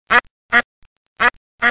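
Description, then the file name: Duck quacking: four short quacks, each followed by a faint click. "KACHNA"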